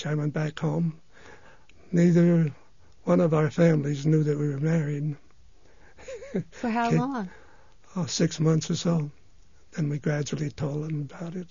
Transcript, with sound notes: I went back home. Neither one of our families knew that we were married. ( he laughs )
For how long?
Six months or so. Then we gradually told them about it.